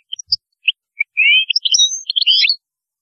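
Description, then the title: European goldfinch song: quick high chips leading into a continuous twittering phrase of buzzy trills and sliding whistled notes. "Chant Chardonneret"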